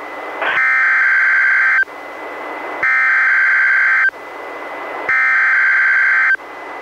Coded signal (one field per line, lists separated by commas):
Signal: Emergency Alert System (SAME) tones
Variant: header bursts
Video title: EAS #478-487: NWR 9 Special Marine Warnings and 1 Tornado Warning- Mar. 19, 2021